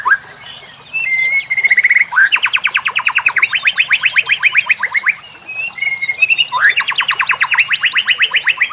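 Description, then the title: White-rumped shama song with a level whistle followed by long fast rattling trills of rising strokes, the sequence given twice, above a faint constant high tone. Masteran song used to tutor other birds. "MURAI BATU LABAIK"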